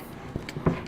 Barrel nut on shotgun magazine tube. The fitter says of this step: you'll start to hear it click and